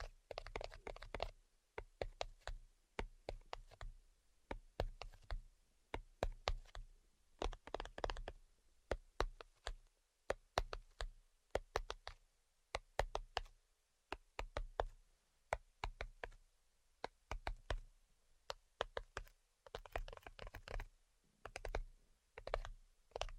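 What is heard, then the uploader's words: Tapping sounds come in quick, uneven bursts of sharp knocks and clicks, some crisp and bright, others with a dull, low thud. Short pauses separate the clusters throughout. There is no voice. ASMR 10 Levels of Tapping Tingle Immunity Treatment (No Talking).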